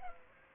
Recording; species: mosquito wingbeat signal from an infrared sensor; Culex pipiens